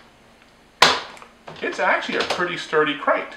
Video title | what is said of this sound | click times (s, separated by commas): Do It Yourself PWC Rack | uh and it basically unfolds and everything snaps into place so once you get everything snapped into place | 0.8 s